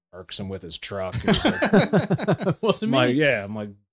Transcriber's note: laughing